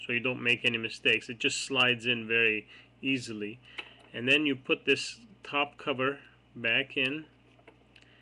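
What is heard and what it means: A battery tray or top cover holding a CR2032 coin cell is being handled and slid back into a plastic Lexus LS430 smart key remote while someone talks, with a few faint ticks near the end around 7.7 to 8.0 seconds. Nothing has seated or snapped into place yet.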